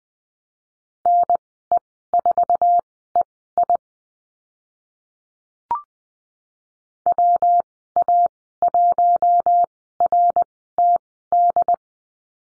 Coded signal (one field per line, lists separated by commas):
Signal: Morse code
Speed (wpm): 19 wpm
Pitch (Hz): 700 Hz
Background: none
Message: NE4EI WA1RTD